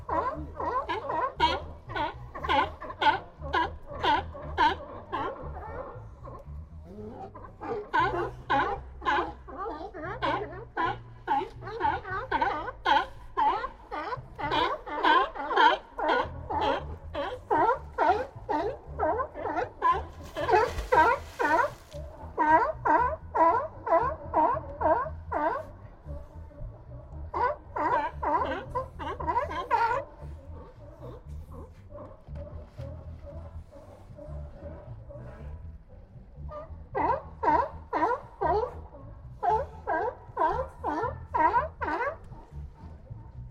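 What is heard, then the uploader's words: At a harbor wharf, animals bark in dense, rapid bursts almost continuously over a low steady hum, with brief lulls around the midpoint. Old Fisherman's Wharf - Monterey Bay, CA. Zoom H6 XY Stereo Mic Capsule. Magnetic Microphone Mounts.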